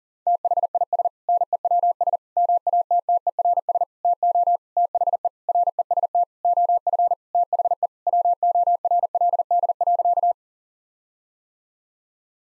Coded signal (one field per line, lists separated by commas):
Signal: Morse code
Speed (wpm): 37 wpm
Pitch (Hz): 700 Hz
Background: none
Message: THIS NEWS MATTERS TO THE REST OF THE WORLD.